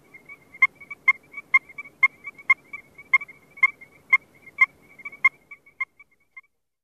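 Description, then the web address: Strecker's chorus frog calling: clear, bell-like ringing notes repeated about twice a second, with quieter notes between them. "Frog Calls Pseudacris streckeri - Steckers Chorus Frog"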